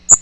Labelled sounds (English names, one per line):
Magnolia Warbler flight call